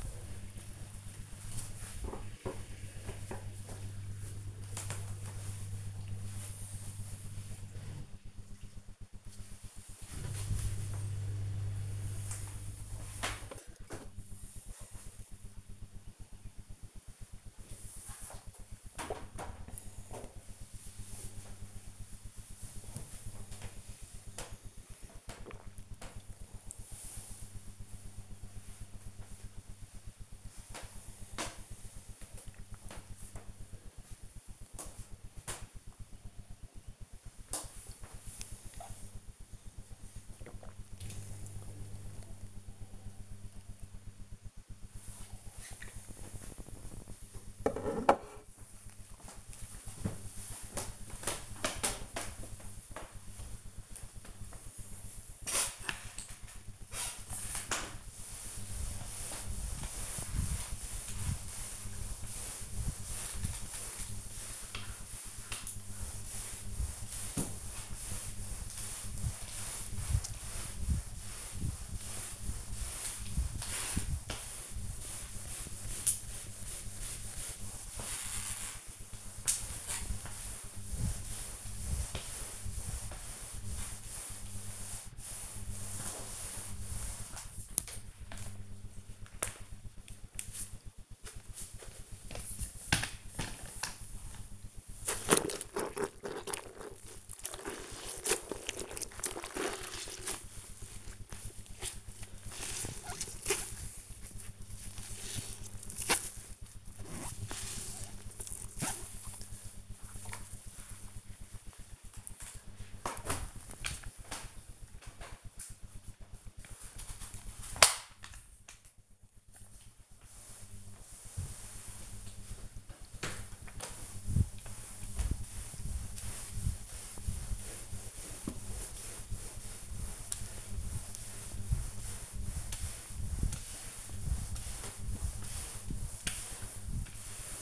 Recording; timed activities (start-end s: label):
household activities, microphone on the right wrist
0.00-1.95 s: window cleaning
16.09-46.35 s: drinking
55.43-137.62 s: floor cleaning